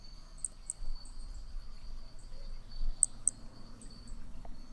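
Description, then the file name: Hermogenes's pumpkin toadlet call, two pairs of crisp high-pitched clicks a few seconds apart against a constant high insect drone and low rumble. Individual 3, recorded at Picinguaba, Brazil, on 13 December 2017; one note of the call missing. "MHNCI B hermogenesi Picinguaba ind 3 ex 4 perdeu uma nota 13 dez 2017 MRB"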